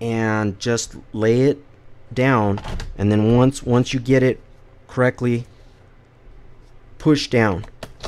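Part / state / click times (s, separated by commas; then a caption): memory module into laptop memory slot / seated / 7.8 s. A memory module is angled into the memory slot of a Hewlett Packard 15AC121DX laptop and pressed down while someone talks. A short plastic snap is heard at 7.8 s as the retaining clips close over the module, seating it in the slot.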